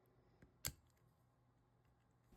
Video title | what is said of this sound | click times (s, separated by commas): Stick drift #meta #vr #populationone #stickdrift #drift #videogames | Okay. Once you hear that pop, it means it's in place. | 0.7 s